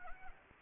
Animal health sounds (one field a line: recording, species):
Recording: mosquito wingbeat signal from an infrared sensor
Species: Anopheles gambiae